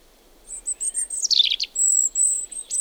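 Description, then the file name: European robin short song phrase of very high thin whistles and a quick descending trill, ending on long sustained high notes. "punarind"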